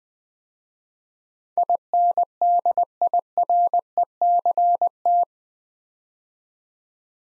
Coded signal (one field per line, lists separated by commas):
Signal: Morse code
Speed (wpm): 21 wpm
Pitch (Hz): 700 Hz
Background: none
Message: INDIRECT